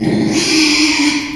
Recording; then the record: squeal of a Yucatan mini pig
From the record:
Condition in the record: after surgery on the right vocal fold (resection and tissue-engineered implant); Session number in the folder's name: 2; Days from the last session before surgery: 13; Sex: male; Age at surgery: 12 weeks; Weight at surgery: 13 kg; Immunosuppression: cyclosporine, prednisolone